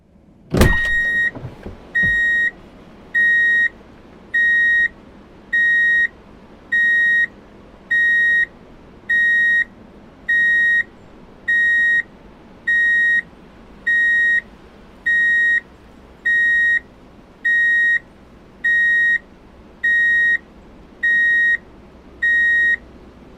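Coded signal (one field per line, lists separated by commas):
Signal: alarm pattern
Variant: vehicle reversing alarm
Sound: about 18 evenly spaced half-second high beeps after a brief initial thump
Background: car interior rumble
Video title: Sound Effects - Drive in Reverse Beep Alert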